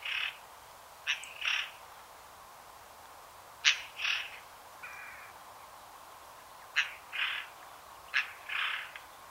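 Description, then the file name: Eurasian Jay giving paired harsh calls, each a sharp click followed by a short hoarse rasp, four pairs with uneven gaps, plus a single rasp at the start and one flatter buzzy note. "Garrulus glandarius"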